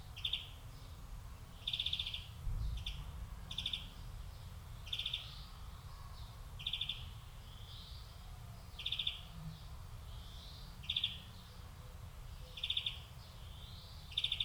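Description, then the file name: European greenfinch calls, short trilled chirps repeated roughly every one to two seconds over a low steady background rumble. "Chloris chloris"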